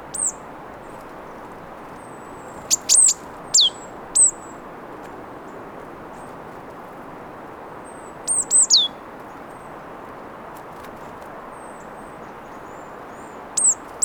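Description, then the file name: Marsh tit calls: sharp, high notes that drop steeply in pitch, given in quick pairs and short clusters separated by several seconds of quiet. "Poecile palustris"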